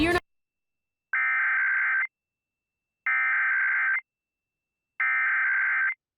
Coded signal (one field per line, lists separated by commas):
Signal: Emergency Alert System (SAME) tones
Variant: header bursts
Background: speech